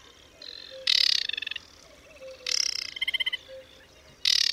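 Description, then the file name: Aquatic warbler song: harsh, dry rattling bursts, each followed by a short run of clear, pulsed notes, with quiet gaps between. "Wodniczka"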